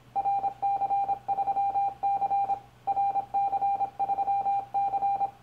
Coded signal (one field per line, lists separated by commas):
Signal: Morse code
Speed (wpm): 26 wpm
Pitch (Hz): 800 Hz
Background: none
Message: RC3C RC3C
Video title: RC3C: Minitest 11.06.2014 40/80CW - 40 CW {Open Video}